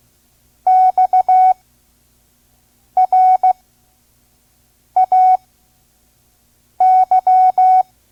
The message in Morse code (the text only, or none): XRAY